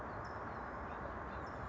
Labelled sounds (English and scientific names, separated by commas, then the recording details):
California Towhee (Melozone crissalis)
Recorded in Sonoma County, California